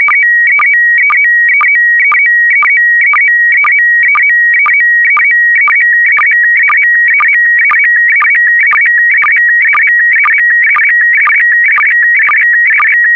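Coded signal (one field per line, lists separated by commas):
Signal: SSTV (slow-scan television)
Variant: PD120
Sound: steady warbling tone around two kilohertz with a short low chirp twice a second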